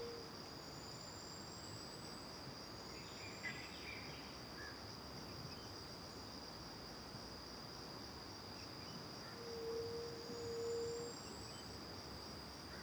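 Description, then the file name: Crickets keep up an even high-pitched pulsing drone; brief bird chirps appear early on, and a low double hoot sounds near the end. Recorded in the morning with back to the river near the Angelica cave; several birds present; crickets first far away, then nearby; AB stereo recording. "De costas para o rio perto da caverna angelica de manha, varios passaros, grilos longe e depois perto, gravacao em ab"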